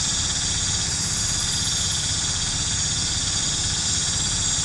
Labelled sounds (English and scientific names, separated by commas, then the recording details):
none
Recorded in pastures near Puerto Asís, Putumayo, Colombia, on 26 December 2024 at 19:30
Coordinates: 0.466, -76.322
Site G040